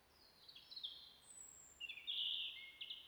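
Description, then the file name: European robin song, two high, wavering phrases separated by a pause, the second louder, with low background hiss. "Erithacus rubecula"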